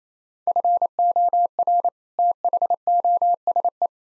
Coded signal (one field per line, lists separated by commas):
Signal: Morse code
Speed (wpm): 28 wpm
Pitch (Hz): 700 Hz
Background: none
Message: FOR THOSE